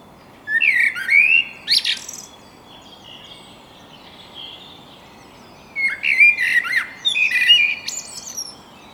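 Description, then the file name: Common blackbird with two warbled song phrases, full and fluty below, then thin and squeaky above, separated by a quiet gap with faint bird notes. "Turdus merula"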